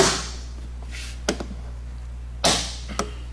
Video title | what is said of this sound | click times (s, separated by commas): Classic VW BuGs Stainless Steel Beetle '67+ Molding Chrome & Clip Removal Installation | you'll hear a nice snap when they go on. | 1.3 s, 2.4 s, 3.0 s